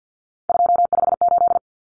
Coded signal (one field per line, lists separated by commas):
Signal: Morse code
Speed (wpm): 50 wpm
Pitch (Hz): 700 Hz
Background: none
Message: 258